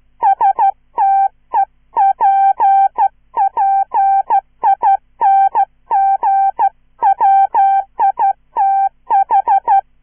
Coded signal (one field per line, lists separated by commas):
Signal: Morse code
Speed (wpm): 12 wpm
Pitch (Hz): 780 Hz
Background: none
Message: STEPPING WITH